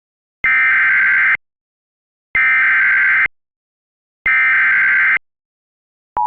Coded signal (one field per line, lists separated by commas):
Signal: Emergency Alert System (SAME) tones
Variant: header bursts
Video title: [EAS RECREATIONAL] the squall from hell Illinois editon